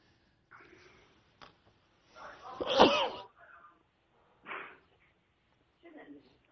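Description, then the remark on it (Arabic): One loud, explosive sneeze bursts out after a brief rising inhale, surrounded by a few short, soft breathy sounds and murmurs before and after. “هذا المخرج يرون انه العطاس ما حلوه بالاعلام، وانا اقول عطست الحمد لله رب العالمين.”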